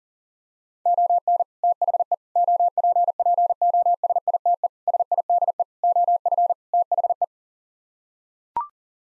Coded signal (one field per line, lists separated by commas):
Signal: Morse code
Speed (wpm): 37 wpm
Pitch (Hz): 700 Hz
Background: none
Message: ON THE OPPOSITE SIDE OF THE